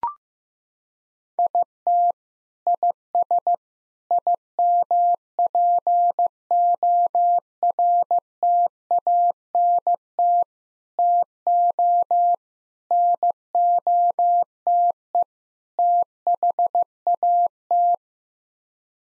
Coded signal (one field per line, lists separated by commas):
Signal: Morse code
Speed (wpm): 15 wpm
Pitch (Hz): 700 Hz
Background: none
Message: IT IS IMPORTANT TO NOTE THAT